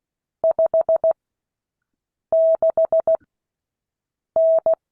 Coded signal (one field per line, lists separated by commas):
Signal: Morse code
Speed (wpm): 16 wpm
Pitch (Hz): 650 Hz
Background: none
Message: 56N